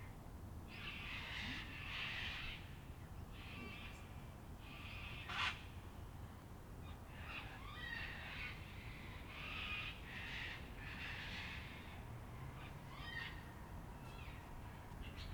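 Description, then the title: Several cockatoos screech harshly in a chorus of repeated raucous calls over a low background rumble. Evening in Canberra, April 2020, recorded during lockdown; many local cockatoos, about 500, with assorted other birds. "An Evening in Canberra (Feat. 500 Cockies)"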